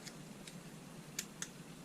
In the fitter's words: and it clicks into place